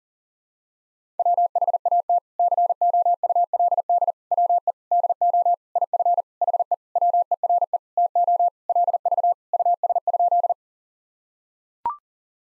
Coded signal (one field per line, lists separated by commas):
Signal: Morse code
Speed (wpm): 37 wpm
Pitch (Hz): 700 Hz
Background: none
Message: WHAT COULD WE DO IF HE WERE TO LV US?